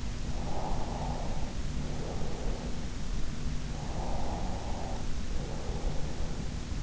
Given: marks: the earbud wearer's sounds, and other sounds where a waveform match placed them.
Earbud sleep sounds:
sounds in sleep by an in-ear microphone; breath
0.37-2.90 s: breath
3.97-6.33 s: breath

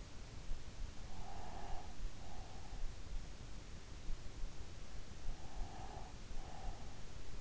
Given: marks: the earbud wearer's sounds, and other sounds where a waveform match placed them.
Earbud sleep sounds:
sounds in sleep by an in-ear microphone; breath
0.48-2.96 s: breath
5.37-7.41 s: breath

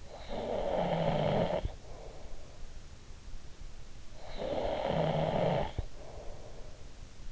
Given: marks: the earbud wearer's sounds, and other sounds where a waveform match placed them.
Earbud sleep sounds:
sounds in sleep by an in-ear microphone; snoring breath
0.00-2.63 s: snoring breath
3.93-6.79 s: snoring breath

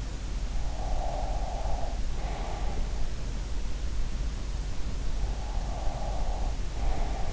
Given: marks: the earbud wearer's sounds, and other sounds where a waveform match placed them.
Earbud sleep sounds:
sounds in sleep by an in-ear microphone; breath
0.82-2.71 s: breath
5.48-7.33 s: breath

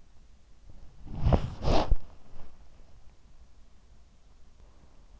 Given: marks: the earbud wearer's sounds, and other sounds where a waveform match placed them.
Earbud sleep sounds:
sounds in sleep by an in-ear microphone; body movement
0.00-3.64 s: body movement

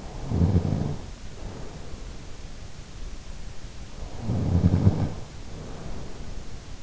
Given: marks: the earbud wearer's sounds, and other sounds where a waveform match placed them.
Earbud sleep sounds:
sounds in sleep by an in-ear microphone; snoring breath
0.00-2.08 s: snoring breath
4.07-6.41 s: snoring breath

